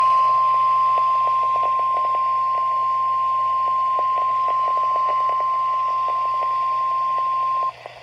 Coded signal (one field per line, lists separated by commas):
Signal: Emergency Alert System (SAME) tones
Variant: 1050 Hz attention tone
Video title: MY COUNTY | 6/14/24 - Severe Thunderstorm Warning on KHB38 & WLRB-FM (EAS #1088 & EAS #1089)